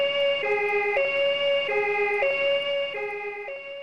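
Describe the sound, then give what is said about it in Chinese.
An ambulance siren wails in a steady two-tone pattern, alternating between a high and a low pitch about every half second. It is loud and continuous, with no voices over it. “哎呀妈，赶紧叫救护车吧！”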